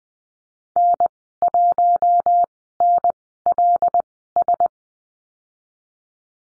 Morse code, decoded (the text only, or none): N1NLS